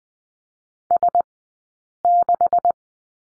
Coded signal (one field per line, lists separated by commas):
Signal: Morse code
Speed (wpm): 20 wpm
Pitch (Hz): 700 Hz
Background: none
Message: S6